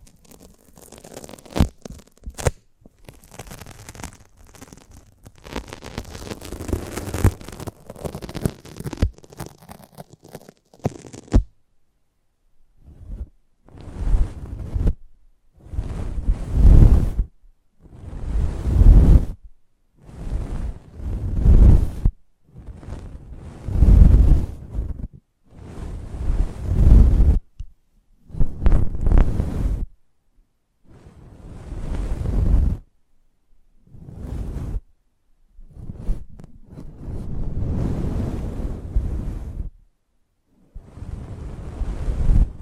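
Close-up mic treatment: rough, rumbling rustle with clicks for eleven seconds, then repeated low, gusty bursts every couple of seconds, separated by silence.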